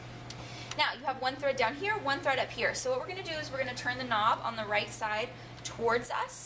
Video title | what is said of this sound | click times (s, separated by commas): Loading the Bobbin Medium | and turn it until you hear it snap it'll be very clear it snaps right into place okay | 0.3 s